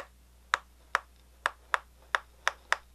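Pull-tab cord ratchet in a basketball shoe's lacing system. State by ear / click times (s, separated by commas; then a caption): seated / 0.5 s, 0.9 s, 1.7 s, 2.2 s, 2.5 s, 2.7 s. The pull tab of the internal pull-tab cord ratchet lacing system on an Air Jordan 33 basketball shoe is drawn repeatedly, each pull advancing the plastic ratchet and moving a small piece in once. Sharp, bright clicks ring out at 0.5, 1.0, 1.7, 2.2, 2.5 and 2.7 seconds over a low steady hum. Each click is the ratchet locking in place as the lacing tightens.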